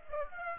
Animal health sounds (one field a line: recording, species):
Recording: mosquito wingbeat signal from an infrared sensor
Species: Aedes aegypti